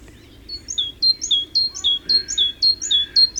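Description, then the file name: Great tit song: a bright two-note phrase, high note then lower note, repeated about twice a second, with steady low background hum. "Parus major"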